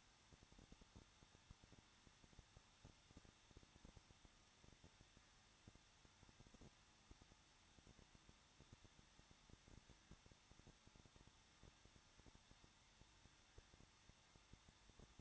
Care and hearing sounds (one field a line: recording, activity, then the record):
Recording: daily activity, microphone in the room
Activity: no activity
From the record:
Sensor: 3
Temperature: 21.2 degrees Celsius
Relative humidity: 36.3%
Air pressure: 1006.3 hPa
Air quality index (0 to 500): 222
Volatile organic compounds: 42 ppm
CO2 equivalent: 3178 ppm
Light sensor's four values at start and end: 2/3/2/2 and 2/3/2/2